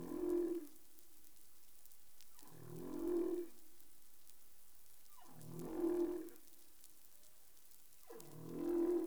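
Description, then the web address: Humpback whale calls repeating about every three seconds, each a sweeping downward moan into a low tonal hum, over steady underwater hiss. Recorded in the Caribbean on 20 April 2021 at 03:50 UTC. "CARIMAM. humpback whale 20210420 035042 UTC"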